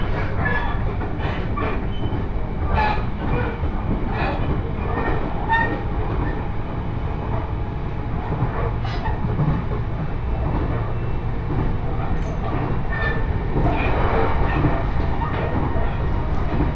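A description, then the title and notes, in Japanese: A train on the Joban Line runs steadily, with a heavy, constant low rumble filling the whole stretch. Sharp clacks from the wheels and track joints break through roughly every second, and a faint thin whine hums faintly underneath. 鉄道旅 常磐線 仙台→浜吉田。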